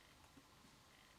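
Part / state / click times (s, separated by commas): battery flex connector into phone logic board socket / not seated / none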